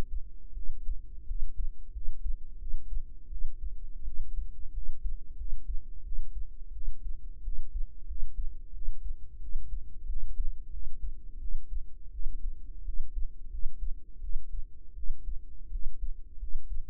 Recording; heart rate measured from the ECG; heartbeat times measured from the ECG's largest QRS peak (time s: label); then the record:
heart sounds by microphone in the right ear; 87 bpm
0.53 s: heartbeat
1.25 s: heartbeat
1.91 s: heartbeat
2.57 s: heartbeat
3.28 s: heartbeat
4.03 s: heartbeat
4.72 s: heartbeat
5.35 s: heartbeat
6.02 s: heartbeat
6.72 s: heartbeat
7.42 s: heartbeat
8.06 s: heartbeat
8.72 s: heartbeat
9.39 s: heartbeat
10.06 s: heartbeat
10.70 s: heartbeat
11.38 s: heartbeat
12.10 s: heartbeat
12.83 s: heartbeat
13.49 s: heartbeat
14.20 s: heartbeat
14.94 s: heartbeat
15.70 s: heartbeat
16.38 s: heartbeat
From the record:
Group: healthy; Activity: rest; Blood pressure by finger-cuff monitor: 105/67 mmHg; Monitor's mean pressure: 80 mmHg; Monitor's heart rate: 88 bpm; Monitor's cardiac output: 7.3 L/min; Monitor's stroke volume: 84 mL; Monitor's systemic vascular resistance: 800 dyn s/cm5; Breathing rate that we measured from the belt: 21 breaths a minute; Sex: female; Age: 19 years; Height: 163 cm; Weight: 48.9 kg